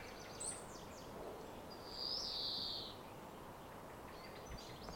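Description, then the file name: European greenfinch uttering a single long, wheezy, nasal note in the middle, with faint high chirps before and after over a hissy background. "Chloris chloris"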